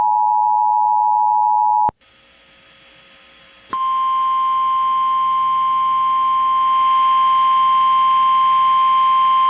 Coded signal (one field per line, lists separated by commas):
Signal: Emergency Alert System (SAME) tones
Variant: 853 and 960 Hz attention tone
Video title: Siouxland Wants Some More | EAS Alerts from 10/23/2022 (EAS #1501-1506)